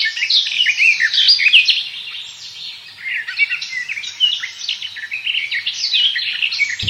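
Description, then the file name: Garden warbler in nearly unbroken song, a hurried, varied stream of mellow warbled notes with one brief dip partway through. "slavka sadovaja"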